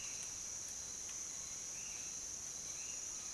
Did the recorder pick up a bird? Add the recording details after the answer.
no. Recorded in dense forest near Puerto Asís, Putumayo, Colombia, on 22 June 2025 at 07:30. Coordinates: 0.484, -76.325. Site H65